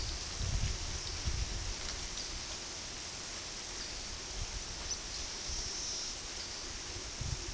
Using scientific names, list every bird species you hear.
none